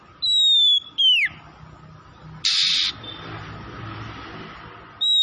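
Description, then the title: Oriental magpie-robin giving long clear whistles, some falling sharply, with a short harsh rasp in between over a low hum. Bird from Tretes, Indonesia, singing vigorously (gacor). "Kacer Tretes"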